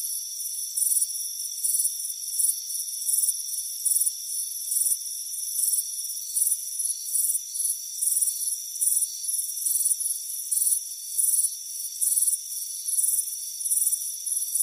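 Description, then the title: Cricket chirping, short shrill chirps repeating steadily, some louder bursts standing out, over a persistent high ringing hum. Warm afternoon on a front porch. "Soothing Crickets Chirping Sound"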